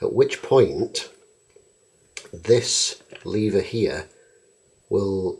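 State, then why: Seated. Someone talks while turning the alarm wheels of a flipped-over Poljot 2612.1 mechanical wristwatch alarm movement until the three slots inside the wheels line up. A single sharp tick is heard at 2.2 s as the spring-loaded lever pops up and the plates drop together, and the alarm release wheels click into place.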